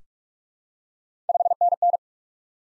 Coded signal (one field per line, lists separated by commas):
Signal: Morse code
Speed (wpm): 47 wpm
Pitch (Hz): 700 Hz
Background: none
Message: 5NN